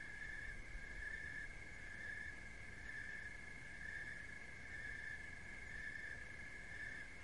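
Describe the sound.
Ringing cricket chirps, a continuous high note throbbing about once a second, with a dull low background hum.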